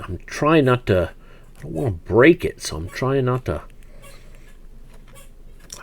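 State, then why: Seated. Someone talks while forcing a removable plastic part back into a Hiya Toys 1:18 scale Star Trek (Kelvin Timeline) Spock action figure after it resisted, with faint handling ticks in between. A sharp snap at 5.7 s marks the part seating back into place.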